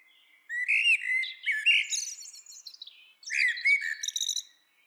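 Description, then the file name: Common blackbird song with two phrases of rich, slurred, fluting notes that trail into thin, high, scratchy twittering, with a short gap between them. "Turdus merula"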